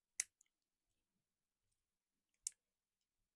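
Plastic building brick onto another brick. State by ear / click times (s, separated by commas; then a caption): not seated / none. A plastic building brick is pushed by hand onto another brick for a sword model, producing two sharp plastic taps at about 0.2 and 2.5 seconds and a faint tick at 0.4 seconds, with quiet in between. The bricks will not snap on, so nothing has seated or clicked yet.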